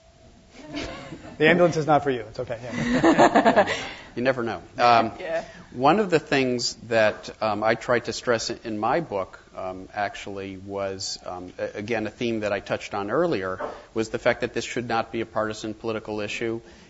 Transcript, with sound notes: The ambulance is not for you. It's okay.
[Laughter]
You never know.
Yeah.
One of the things that I tried to stress in my book actually was, again, a theme that I touched on earlier, was the fact that this should not be a partisan political issue,